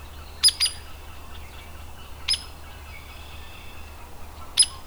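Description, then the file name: Hairy woodpecker calls: a quick double peek, then two lone sharp notes. Adult. "Hairy WPAdult"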